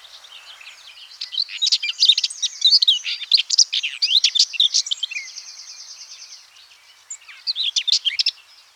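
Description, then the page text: Common whitethroat song: a long hurried run of harsh, chattering notes, then a brief steady buzzy tone, and a final short scratchy burst. "Common Whitethroat Song. Quick Sounds"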